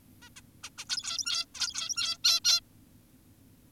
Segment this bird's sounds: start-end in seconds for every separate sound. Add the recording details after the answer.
0.22-0.29, 0.36-0.41, 0.64-0.70, 0.78-0.85, 0.90-1.46, 1.55-2.18, 2.24-2.40, 2.45-2.60. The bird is an adult. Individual g17y2U